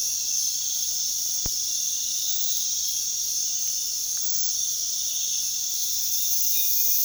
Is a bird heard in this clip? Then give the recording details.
no. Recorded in pastures near Puerto Asís, Putumayo, Colombia, on 21 February 2024 at 03:30. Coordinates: 0.468, -76.328. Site G6414